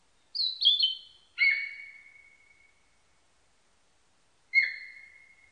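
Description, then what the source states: Narcissus flycatcher song: quick high whistled notes dropping to a long sustained lower whistle, followed after a gap by one more fading whistle; quiet background. Recorded 21 May 1999.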